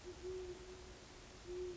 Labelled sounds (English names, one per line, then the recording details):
Great Horned Owl
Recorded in Sonoma County, California